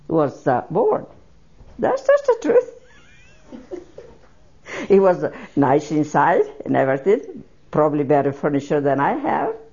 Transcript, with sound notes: was born. That is the truth. ( she laughs ) It was nice inside and everything, probably better furniture than I have.